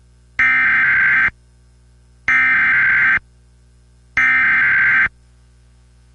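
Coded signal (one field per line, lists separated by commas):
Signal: Emergency Alert System (SAME) tones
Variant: header bursts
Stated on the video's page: Two Winter Storm Warnings relayed by an FM broadcast station.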